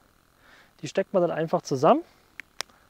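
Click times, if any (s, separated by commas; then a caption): 2.4 s, 2.6 s. Two plastic interlocking shower floor mat tiles are pushed together so the lugs on one tile click into the eyelets of the other. Someone talks, then two sharp clicks are heard at 2.4 and 2.6 seconds. The tiles seat and the joint is firm.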